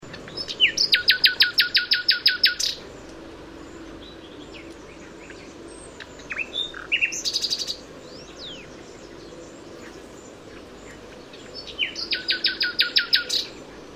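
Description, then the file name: Common nightingale song: loud rapid trills of repeated notes, each phrase followed by a few seconds' pause, with softer varied notes between. "Luscinia megarhynchos"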